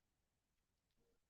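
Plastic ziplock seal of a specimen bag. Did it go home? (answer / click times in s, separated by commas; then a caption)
no / none. The plastic ziplock seal of a specimen bag is handled as it is about to be pressed closed around the test sample. Only a quiet, low background with faint soft rustles near 0.6 s and 0.9 s is heard. Nothing has clicked or sealed yet.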